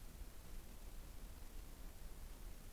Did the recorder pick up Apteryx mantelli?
no